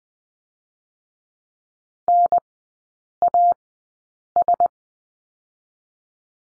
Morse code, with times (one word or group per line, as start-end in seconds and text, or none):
2.1-2.4 N
3.2-3.5 A
4.4-4.7 S